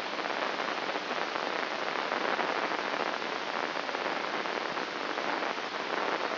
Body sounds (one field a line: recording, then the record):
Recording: brain microelectrode recording played as sound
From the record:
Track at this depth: inside the subthalamic nucleus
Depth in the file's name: 3.831 mm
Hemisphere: left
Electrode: 3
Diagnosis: Parkinson's disease